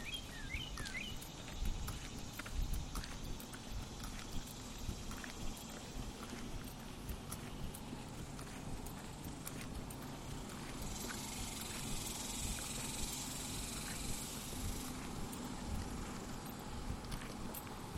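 A lunchtime walk through the neighborhood, with a steady low rumble of traffic running underneath throughout. Short chirps, likely birds, come early on, and sharp ticks and clicks scatter across the whole stretch. From about eleven to fifteen seconds, a bright hiss rises and then drops away.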